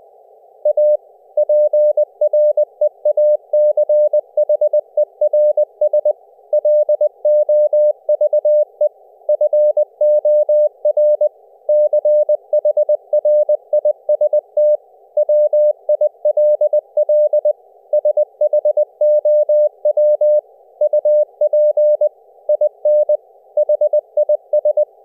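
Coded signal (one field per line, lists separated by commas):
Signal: Morse code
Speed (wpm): 20 wpm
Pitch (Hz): 600 Hz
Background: none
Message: A PREACHERS LOVE FOR CHRIST WILL SHOW UP IN HIS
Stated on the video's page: CW on ELF-LF bands over IP via JackTrip to a Pi4 QSO server, with optional simulated HF background static added as comfort noise.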